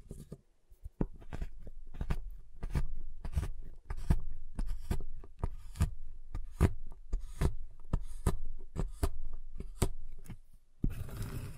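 Tapping on a giant chocolate bar: sharp, crisp knocks land roughly every half second to second, each with a bright click over a dull thud. A low steady hum runs underneath throughout, and a louder rustling swell takes over in the final second.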